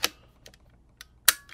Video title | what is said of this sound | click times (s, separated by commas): EMG Arms COLT M4 AEG Manual | You just push on the top of that paddle, click, you hear the click, and it will go | 1.3 s